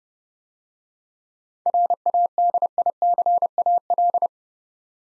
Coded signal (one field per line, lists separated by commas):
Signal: Morse code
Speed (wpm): 30 wpm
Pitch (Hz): 700 Hz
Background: none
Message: RADICAL